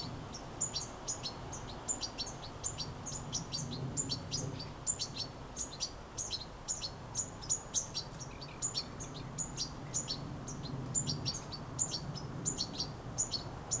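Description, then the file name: European goldfinch twittering in fast high chirps throughout, over a low rumbling background noise. "Carduelis carduelis"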